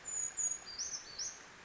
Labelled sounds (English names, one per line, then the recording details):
Brown Creeper
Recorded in Sonoma County, California